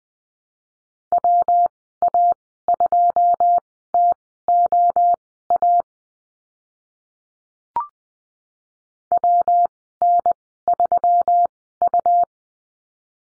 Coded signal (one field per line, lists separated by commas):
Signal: Morse code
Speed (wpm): 20 wpm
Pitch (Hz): 700 Hz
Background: none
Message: WA2TOA WN3U